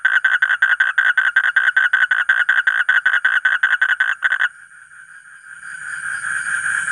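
Asian common toad calling in a fast, even train of buzzy pulses that stops partway; a soft hiss rises afterwards.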